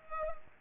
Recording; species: mosquito wingbeat signal from an infrared sensor; Culex pipiens